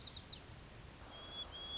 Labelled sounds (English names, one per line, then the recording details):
White-crowned Sparrow
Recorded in Sonoma County, California